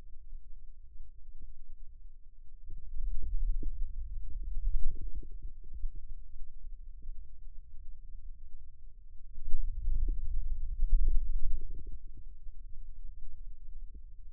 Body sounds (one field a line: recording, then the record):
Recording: forearm muscle sounds (acoustic myography)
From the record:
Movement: wrist extension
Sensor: system 2, bracelet of six BSWA MPA416 microphones around the upper forearm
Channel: 6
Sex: male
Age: 22 years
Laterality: right